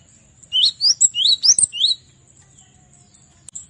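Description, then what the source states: Cinereous tit song: one rapid phrase of bright, upswept whistled chirps lasting under two seconds, followed by quiet. Used as a training song for cage birds.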